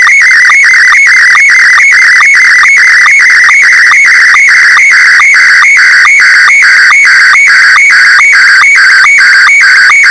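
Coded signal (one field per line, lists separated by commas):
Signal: SSTV (slow-scan television)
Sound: warbling tone sweeping about, chirping with a rhythmic low blip roughly twice a second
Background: radio static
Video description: SSTV image decoded with MMSSTV (no VAC required).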